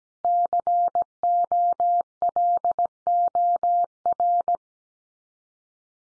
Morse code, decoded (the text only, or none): COLOR